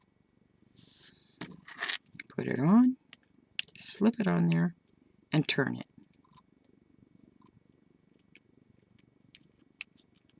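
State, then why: Seated. A small metal jewelry component for an earring is slipped onto an earring chain and turned while someone talks. A sharp, faint click is heard at 9.8 seconds as the piece clicks into place and is seated.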